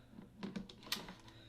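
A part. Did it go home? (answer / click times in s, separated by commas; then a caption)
yes / 0.9 s. A camera's bottom mount plate is slid onto a tripod quick-release base and clamp. A few soft scraping taps come first, then the plate latches with a sharp little click at 0.9 s. The plate is seated.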